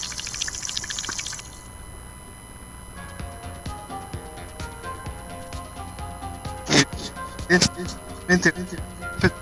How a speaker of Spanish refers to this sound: Este curioso fenómeno en el Quehuaye. ¿Por qué surgen de las napas internas del acuífero guaraní estas burbujas? ¿Habrá petróleo?